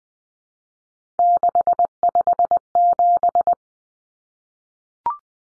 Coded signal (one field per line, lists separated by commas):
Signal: Morse code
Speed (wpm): 20 wpm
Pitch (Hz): 700 Hz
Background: none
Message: 657